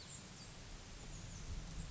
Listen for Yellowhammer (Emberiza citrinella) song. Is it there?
no